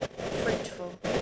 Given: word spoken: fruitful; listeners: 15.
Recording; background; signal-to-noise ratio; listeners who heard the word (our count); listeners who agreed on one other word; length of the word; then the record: one English word in noise, from a listening test; noise modulated by three-talker babble; -4.4 dB; 3 of 15; 6 of 15; 0.82 s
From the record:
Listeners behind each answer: 6, 3, 1, 1, 1, 1, 1, 1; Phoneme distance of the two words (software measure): 44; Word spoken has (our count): 2 syllables, 7 phonemes, stress on syllable 1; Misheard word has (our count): 2 syllables, 5 phonemes, stress on syllable 1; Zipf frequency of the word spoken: 3.08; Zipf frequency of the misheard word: 3.67